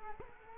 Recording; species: mosquito wingbeat signal from an infrared sensor; Culex quinquefasciatus